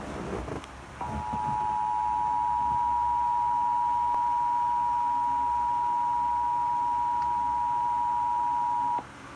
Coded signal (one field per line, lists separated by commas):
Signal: Emergency Alert System (SAME) tones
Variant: 853 and 960 Hz attention tone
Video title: EAS Severe Thunderstorm watch 8/21/19